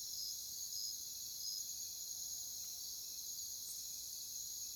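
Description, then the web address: Crickets chirping, with a few short pulses early on over a constant shrill background trill. "Nature Songs Nature Sounds Sounds of Nature Collection Crickets"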